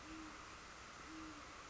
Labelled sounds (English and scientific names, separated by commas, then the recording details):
Great Horned Owl (Bubo virginianus)
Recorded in Sonoma County, California